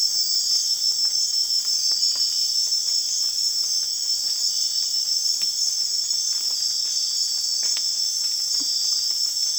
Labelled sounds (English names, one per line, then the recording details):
none
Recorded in secondary vegetation near Puerto Asís, Putumayo, Colombia, on 30 June 2025 at 04:00
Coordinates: 0.485, -76.322
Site GP06